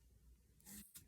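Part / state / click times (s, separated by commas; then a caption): cap onto marker pen / not seated / none. A marker cap is pushed onto a plastic marker, heard as quiet background followed by a sudden broadband scraping rustle starting at about 0.6 s and continuing to the end. Nothing has seated or clicked yet.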